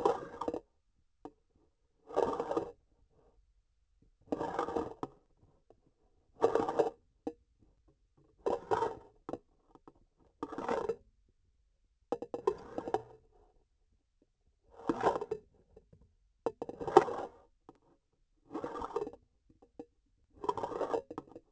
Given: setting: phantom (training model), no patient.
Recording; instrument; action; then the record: laparoscopic instrument, vibration sensor on the handle end; grasping forceps; approaching and retracting movements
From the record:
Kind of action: spatial motion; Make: Olympus